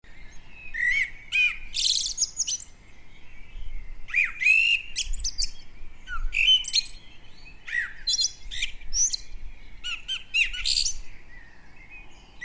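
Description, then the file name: Common blackbird giving bursts of squeaky, scratchy high chirps and thin rising whistles, clustered in short irregular phrases with brief pauses between them. "Turdus merula"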